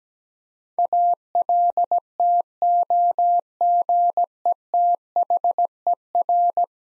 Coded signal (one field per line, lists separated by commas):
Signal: Morse code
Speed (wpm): 17 wpm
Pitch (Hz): 700 Hz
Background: none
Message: ALTOGETHER